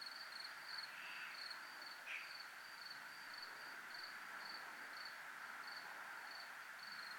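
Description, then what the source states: High cricket chirps repeat in quick even pulses without pause, with a couple of brief buzzy bursts near the start, over a steady hiss. Recorded at a 'zona militar' (military zone).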